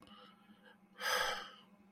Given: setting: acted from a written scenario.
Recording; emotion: vocal sound without words; sadness